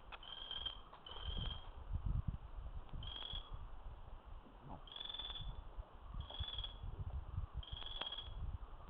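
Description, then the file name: Buff-spotted flameback calling in a series of short, high, rattling trills, about every second or two, with constant low rumbling underneath. "Chrysocolaptes Lucidus"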